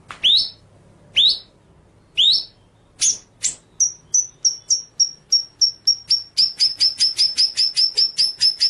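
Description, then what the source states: White-rumped shama song: three upward-sweeping whistles, then sharp high notes repeated in a steady series that quickens toward the end. Murai batu masteran (training) track of full ngerol nembak song.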